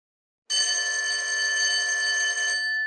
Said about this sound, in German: Dann hat es geklingelt und wir mussten reingehen, weil wir jetzt Geschichte bei Frau Kackert hatten.